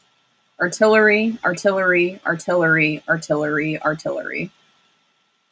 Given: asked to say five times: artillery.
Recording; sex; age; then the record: repeated word; female; 30 to 39 years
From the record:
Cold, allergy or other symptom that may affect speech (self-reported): no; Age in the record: 33 years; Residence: Minnesota, United States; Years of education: 13